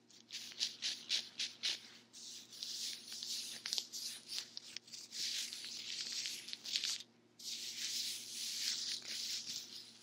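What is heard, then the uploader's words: Bright rustling and rubbing of an ear massage, with soft scratchy strokes in quick bursts that swell and fade. The rubbing runs almost continuously, pausing briefly near the seventh second. A faint steady low hum sits underneath. ASMR Ear Massage for Sleep & Tingles Fluffy Paws 3dio Ear to Ear Sounds.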